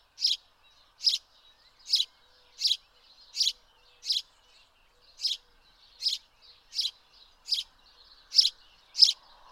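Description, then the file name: House sparrow giving a steady series of loud chirps, otherwise quiet. "Passer domesticus"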